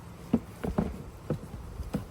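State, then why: Not seated. The bottom of a waterproof soft saddlebag is set onto the Shad 4-point pannier mounting rack of a CFMoto Ibex 800. Short, dull knocks are heard at about 0.3, 0.6, 0.8, 1.3 and 1.9 seconds over a quiet background. The bag has not locked or clicked in yet.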